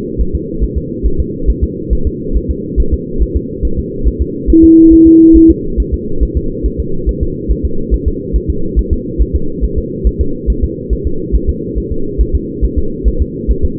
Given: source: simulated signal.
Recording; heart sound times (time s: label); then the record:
fetal heart sounds
0.21 s: S1
0.35 s: S2
0.64 s: S1
0.78 s: S2
1.06 s: S1
1.20 s: S2
1.50 s: S1
1.64 s: S2
1.93 s: S1
2.07 s: S2
2.37 s: S1
2.51 s: S2
2.80 s: S1
2.94 s: S2
3.23 s: S1
3.37 s: S2
3.65 s: S1
3.79 s: S2
4.08 s: S1
4.22 s: S2
4.50 s: S1
4.64 s: S2
4.93 s: S1
5.07 s: S2
5.37 s: S1
5.51 s: S2
5.80 s: S1
5.94 s: S2
6.23 s: S1
6.37 s: S2
6.66 s: S1
6.80 s: S2
7.09 s: S1
7.23 s: S2
7.51 s: S1
7.65 s: S2
7.94 s: S1
8.08 s: S2
8.36 s: S1
8.50 s: S2
8.79 s: S1
8.93 s: S2
9.22 s: S1
9.36 s: S2
9.64 s: S1
9.78 s: S2
10.07 s: S1
10.21 s: S2
10.50 s: S1
10.64 s: S2
10.93 s: S1
11.07 s: S2
11.36 s: S1
11.49 s: S2
11.78 s: S1
11.92 s: S2
12.21 s: S1
12.35 s: S2
12.65 s: S1
12.78 s: S2
13.08 s: S1
13.22 s: S2
13.51 s: S1
13.65 s: S2
From the record:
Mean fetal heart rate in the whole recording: 140 bpm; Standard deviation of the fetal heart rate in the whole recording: 2 bpm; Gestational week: 34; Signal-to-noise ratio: -8.1 dB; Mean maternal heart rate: 72 bpm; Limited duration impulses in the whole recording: present